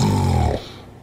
A clear case of sleep apnea.